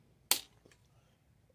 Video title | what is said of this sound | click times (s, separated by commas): Briggs & Stratton 7.25 carburetor replacement | δάχτυλά σου κάτω, βάλε τους αντίχειρές σου και κούμπωσε το μέσα | 0.3 s